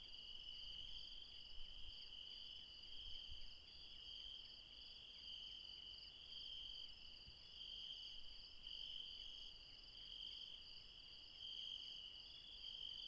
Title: Refuge Krevatia, Μπαρμπαλά, Dion 601 00, Greece - Late night mountain insects